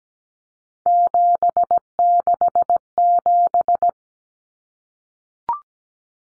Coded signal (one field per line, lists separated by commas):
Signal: Morse code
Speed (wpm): 17 wpm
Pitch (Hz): 700 Hz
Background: none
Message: 767